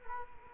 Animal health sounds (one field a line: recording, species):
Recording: mosquito wingbeat signal from an infrared sensor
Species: Culex quinquefasciatus